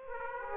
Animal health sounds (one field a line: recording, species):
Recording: mosquito wingbeat signal from an infrared sensor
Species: Aedes aegypti